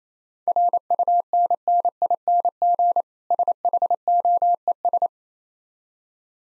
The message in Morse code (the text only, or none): RUNNING SHOES